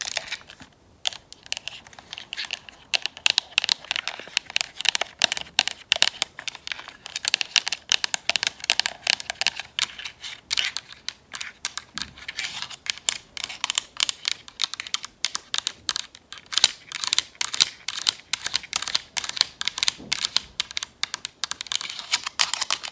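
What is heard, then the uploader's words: Fast fingernail tapping on a camera, dense rapid clicks with a bright, crisp edge throughout. Nail Tapping, Camera Tapping.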